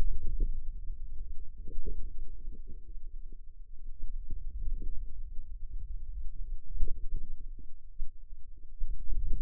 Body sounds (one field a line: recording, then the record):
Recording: forearm muscle sounds (acoustic myography)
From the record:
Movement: hand closing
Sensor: system 2, bracelet of six BSWA MPA416 microphones around the upper forearm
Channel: 5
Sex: female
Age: 21 years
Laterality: right